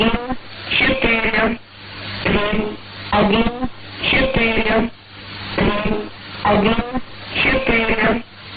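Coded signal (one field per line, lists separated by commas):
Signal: numbers station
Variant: S06s Russian Lady, Russian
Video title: 01 02 2018 S06s Russian Lady numbers station in Russian to Eu 0940 on 9540 unknown tx site in CUSB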